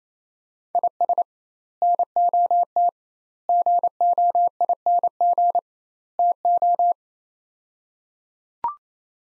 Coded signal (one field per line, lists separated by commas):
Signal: Morse code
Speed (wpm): 28 wpm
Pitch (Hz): 700 Hz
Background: none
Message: IS NOT GOING TO